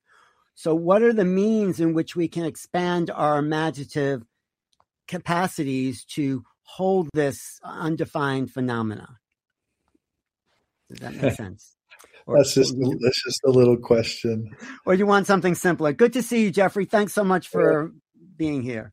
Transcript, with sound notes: So what are the means in which we can expand our imaginative capacities to hold this undefined phenomena?
Does that make sense? (laughs) That's just, that's just a little question Or do you want something simpler? Good to see you, Geoffrey. Thanks so much for being here